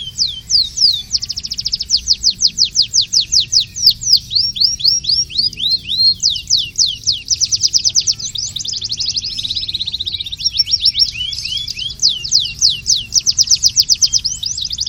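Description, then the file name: Canary singing a long, unbroken series of rapid rolling trills and sharp downward-sweeping whistles, with tempo shifting between tight buzzy rolls and looser notes. Long version of a canary's song. "kenari ajudan versi panjang milik om satria hendawan"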